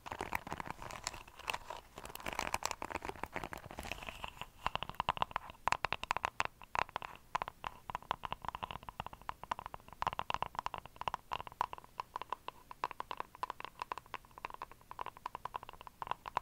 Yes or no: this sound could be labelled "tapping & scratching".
yes